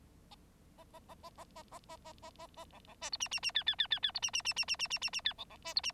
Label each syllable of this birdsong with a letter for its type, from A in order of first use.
A A A A A A A A A A A A B B C D E E E F F F F F D E E E E E E E E E F B B C D E